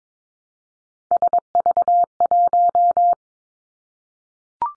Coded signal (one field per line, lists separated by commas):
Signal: Morse code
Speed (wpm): 22 wpm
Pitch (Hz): 700 Hz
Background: none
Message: SV1